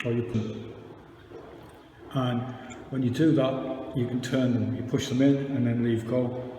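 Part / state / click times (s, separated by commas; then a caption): folding knob on a hand grinder crank handle / not seated / none. A man talks while the folding knob on the metal crank handle of a 1Zpresso hand coffee grinder is pushed in, turned and let go. The clip ends before the knob goes home, so nothing has snapped into place yet.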